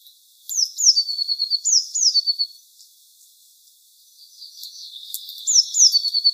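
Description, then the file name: Eurasian blue tit calls: high thin notes dropping into short buzzy trilled runs, given in bursts with pauses between. "Cyanistes caeruleus"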